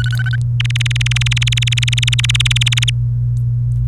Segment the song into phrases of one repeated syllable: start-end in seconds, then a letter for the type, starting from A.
0.00-0.36 A, 0.60-2.90 B